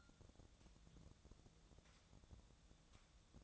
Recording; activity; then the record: daily activity, microphone in the room; take from stove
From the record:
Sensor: 3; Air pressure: 999.9 hPa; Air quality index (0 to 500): 125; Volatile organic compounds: 2 ppm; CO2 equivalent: 1119 ppm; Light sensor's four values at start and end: 45/114/49/54 and 45/113/49/54